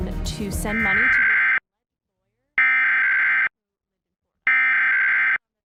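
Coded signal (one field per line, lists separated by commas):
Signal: Emergency Alert System (SAME) tones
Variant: header bursts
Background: speech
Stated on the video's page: Required monthly tests recorded from broadcast TV stations in Michigan, kept close to the original broadcast with uneven audio levels.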